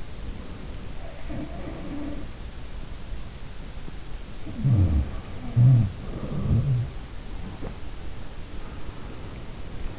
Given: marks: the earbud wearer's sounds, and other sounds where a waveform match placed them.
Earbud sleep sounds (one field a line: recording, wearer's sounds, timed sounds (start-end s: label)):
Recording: sounds in sleep by an in-ear microphone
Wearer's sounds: breath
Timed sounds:
0.00-3.48 s: breath
0.84-2.58 s: sound from someone else or the room
4.22-7.82 s: sound from someone else or the room
8.33-9.99 s: sound from someone else or the room